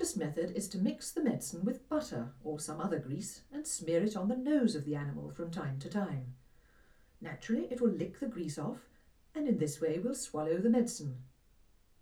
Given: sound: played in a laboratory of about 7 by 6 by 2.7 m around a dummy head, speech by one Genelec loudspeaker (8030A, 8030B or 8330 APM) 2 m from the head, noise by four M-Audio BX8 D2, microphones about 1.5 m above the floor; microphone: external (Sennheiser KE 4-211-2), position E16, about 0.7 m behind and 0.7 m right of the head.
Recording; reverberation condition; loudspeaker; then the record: female speech in English; low; 60 degrees to the left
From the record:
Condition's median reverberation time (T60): about 310 ms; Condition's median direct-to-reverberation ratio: about 3.5 dB